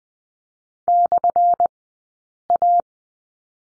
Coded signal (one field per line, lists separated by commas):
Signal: Morse code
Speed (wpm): 20 wpm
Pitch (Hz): 700 Hz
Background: none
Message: /A